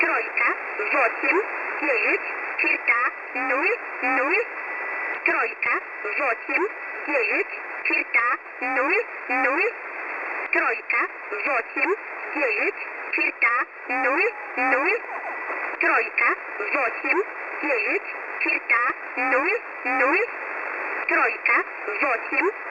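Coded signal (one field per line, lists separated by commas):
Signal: numbers station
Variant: S11a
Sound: a voice reading short evenly spaced number words like 'trojka' and 'nul nul'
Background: radio hiss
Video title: S11a number station - 07:35 UTC - 18773khz USB - 31/07/2026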